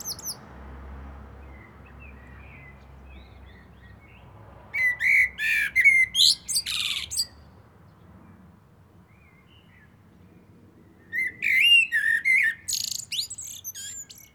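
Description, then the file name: Eurasian blackbird song: two short phrases of mellow whistles running into high chattering twitters, after an opening stretch of low rumbling background noise. "Turdus merula"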